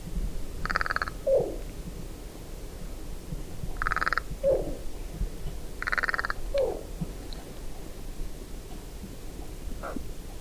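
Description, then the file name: Carrion crow giving harsh, hoarse caws every two to four seconds, three loud ones and a fainter fourth, each trailed by a short lower downslurred note. "Corvus corone"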